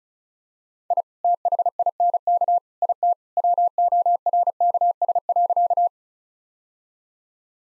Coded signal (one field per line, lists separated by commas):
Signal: Morse code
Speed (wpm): 36 wpm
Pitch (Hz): 700 Hz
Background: none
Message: I THINK IT WORKS.